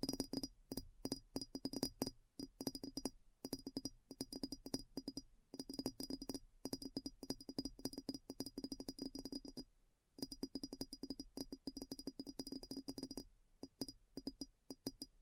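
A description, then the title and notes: Fast, dense tapping runs almost without pause, each tap a sharp, bright click with a glassy, clinking ring. The rhythm is quick and uneven, breaking off in brief gaps around 2, 3, 5.5 and 10 seconds before resuming at the same pace. ASMR Addictive Tapping. (No Talking).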